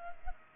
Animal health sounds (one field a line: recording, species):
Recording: mosquito wingbeat signal from an infrared sensor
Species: Culex pipiens